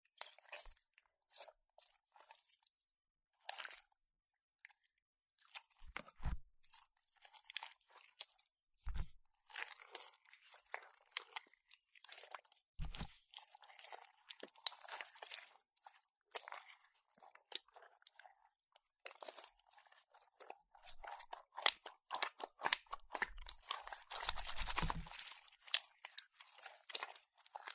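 Slime being squished and pressed, with dense, irregular crackling and popping that grows busier after about 20 seconds. Occasional soft thumps land near 6, 9, 13 and 25 seconds. Between bursts there are short moments of near silence.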